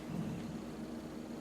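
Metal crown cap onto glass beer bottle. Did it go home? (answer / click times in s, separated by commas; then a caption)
no / none. A sanitized metal crown cap is picked up and set on top of a glass beer bottle before the capper is pressed down. Only a steady low hum and broadband noise are heard with no distinct sudden sounds, and nothing has been capped or clicked yet.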